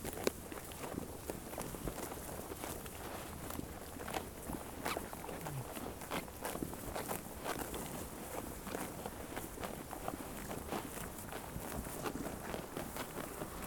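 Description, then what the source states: Sheep chewing, many rapid crunching strokes repeating continuously over a light hiss. Sheep chewing grass.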